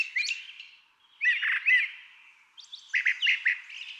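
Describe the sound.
Brown Thrasher song: rich, harsh warbled phrases in a few short bursts separated by brief pauses.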